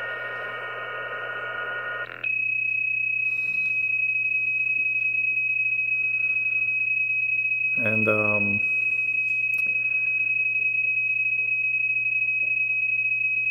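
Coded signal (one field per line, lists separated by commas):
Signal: PSK31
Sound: a steady, slightly warbling high tone for about 11 seconds, with a short spoken phrase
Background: mains hum, brief speech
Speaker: let's see if we can um if we can call CQ here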